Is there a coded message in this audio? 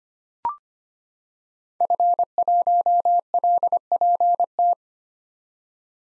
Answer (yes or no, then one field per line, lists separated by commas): yes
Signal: Morse code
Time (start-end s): 1.8-4.7 s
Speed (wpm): 25 wpm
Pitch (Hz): 700 Hz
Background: none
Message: F1LPT